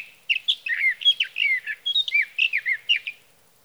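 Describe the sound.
Sage thrasher singing a continuous, fast warble of sweet whistled and slurred notes that tumble up and down without pause for about three seconds.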